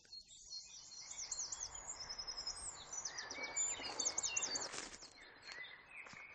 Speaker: great tit doing what I said he would do. Teacher, teacher, teacher, teacher.